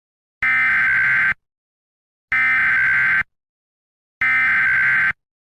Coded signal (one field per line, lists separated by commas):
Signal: Emergency Alert System (SAME) tones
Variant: header bursts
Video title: EAS Scenario: Hunter Error 6: Hunter Error's Crazy Revenge